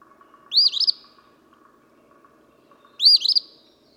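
Eastern phoebe song of two harsh, burry phrases two and a half seconds apart, with a soft continuous hum behind.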